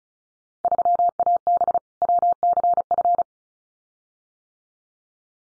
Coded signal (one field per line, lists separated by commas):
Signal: Morse code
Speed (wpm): 36 wpm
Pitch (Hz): 700 Hz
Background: none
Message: 3AB WCF